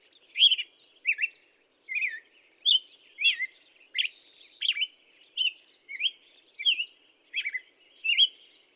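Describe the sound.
Black-headed Grosbeak delivering a steady series of rich, slurred whistled notes, a bit more than one each second, some rising and others dropping, with nothing else audible.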